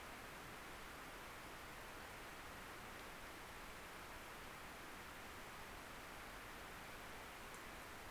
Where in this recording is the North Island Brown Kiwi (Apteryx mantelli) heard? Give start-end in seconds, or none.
none